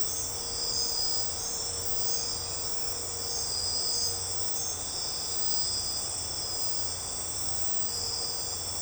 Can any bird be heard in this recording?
no